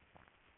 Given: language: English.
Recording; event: throat vibration sensor signal played as sound; swallow